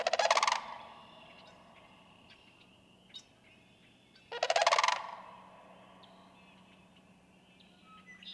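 Sandhill crane sounds two loud, rolling, trilled rattles about four seconds apart, with small birds chirping and twittering faintly throughout.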